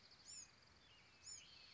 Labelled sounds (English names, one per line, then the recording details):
Bewick's Wren
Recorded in Sonoma County, California